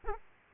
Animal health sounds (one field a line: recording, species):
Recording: mosquito wingbeat signal from an infrared sensor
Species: Aedes aegypti